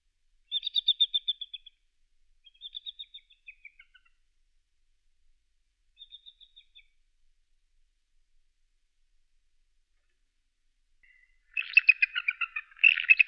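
Eagle calls: a few thin trilled phrases early, a long silence, then a loud burst of rapid high chittering notes at the end.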